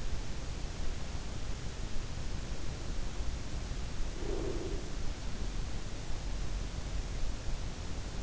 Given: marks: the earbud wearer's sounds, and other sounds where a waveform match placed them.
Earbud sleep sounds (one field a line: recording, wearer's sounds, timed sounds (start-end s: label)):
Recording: sounds in sleep by an in-ear microphone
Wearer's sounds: breath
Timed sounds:
4.09-4.97 s: breath